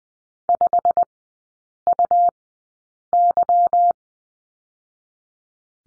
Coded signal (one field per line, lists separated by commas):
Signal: Morse code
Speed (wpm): 20 wpm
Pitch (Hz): 700 Hz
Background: none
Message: 5UY